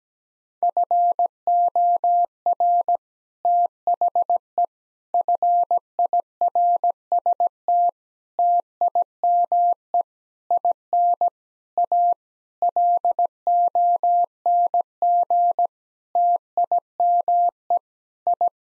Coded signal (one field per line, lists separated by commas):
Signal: Morse code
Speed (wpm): 17 wpm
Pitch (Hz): 700 Hz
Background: none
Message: FOR THE FIRST TIME IN A LONG TIME I